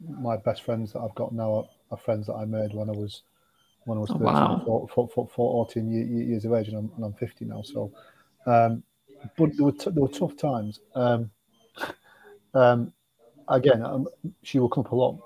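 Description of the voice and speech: A low-pitched 50-year-old man who stammers talks with repeated syllables and words, such as 'for-for-for' and 'years-years', and restarts phrases. Long silent pauses and 'um' fillers break his speech, a pattern typical of stuttering with repetitions and blocks.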